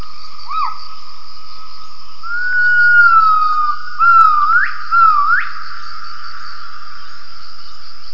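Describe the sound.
Gibbon call: a sustained whistled tone that wavers slightly and is broken by two sharp upward-swooping notes, over a steady high insect hum.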